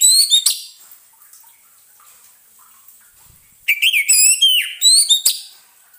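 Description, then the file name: Orange-headed thrush song: a brief high phrase, a long quiet gap, then a lively run of slurred, swooping whistles and chirps. Sound therapy recording meant for an orange-headed thrush that has stopped singing. "terapi suara anis merah macet bunyi"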